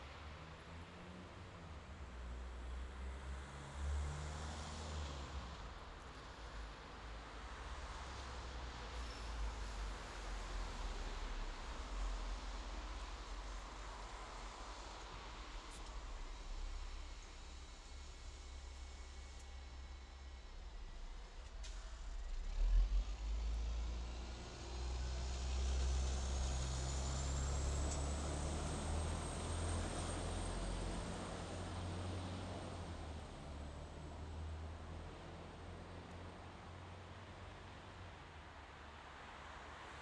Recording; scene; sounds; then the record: everyday scene through a hearing-aid microphone; in traffic; traffic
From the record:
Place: bus stop on a city main road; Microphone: in the ear canal, left